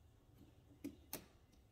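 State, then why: Seated. A thermostat wire is pushed into a push-in terminal on the wall plate of a new ecobee Smart Thermostat Premium with Voice Control. A softer tick at 0.8 s is followed by a sharp click at 1.1 s as the terminal tab drops down, locking the wire in place.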